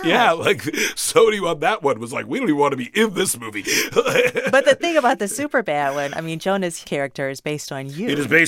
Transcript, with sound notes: Yeah. Like, Sony on that one was like, we don't even want to be in this movie (laughter).
But the thing about the "Superbad" one, I mean, Jonah's character is based on you.